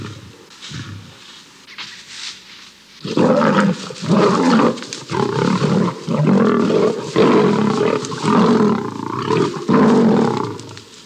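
Lion fight noise: faint low growling at first, then from about three seconds a run of loud, ragged roaring snarls in close, pulsing bursts.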